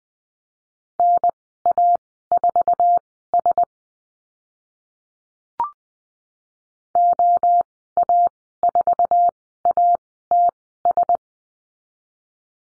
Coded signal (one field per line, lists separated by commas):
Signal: Morse code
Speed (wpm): 20 wpm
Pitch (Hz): 700 Hz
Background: none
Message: NA4S OA4ATS